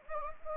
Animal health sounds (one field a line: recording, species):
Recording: mosquito wingbeat signal from an infrared sensor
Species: Anopheles gambiae